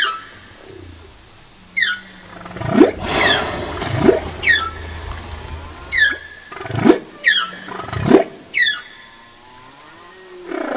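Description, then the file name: Humpback whale song phrase of repeated downswept chirps alternating with broad whooping pulses, ending with a rising moan. "Whale-Song Baleia Jubarte"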